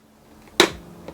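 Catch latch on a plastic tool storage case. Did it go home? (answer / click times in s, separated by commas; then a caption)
released / 0.6 s. The plastic catch latch on the storage case of a ROLLINGDOG ratchet screwdriver set is flicked open by hand. One loud, sharp snap sounds at 0.6 s, with only faint small ticks just before and after it. The latch releases and the case comes open.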